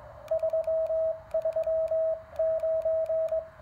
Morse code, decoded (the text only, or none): 339